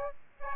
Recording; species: mosquito wingbeat signal from an infrared sensor; Aedes albopictus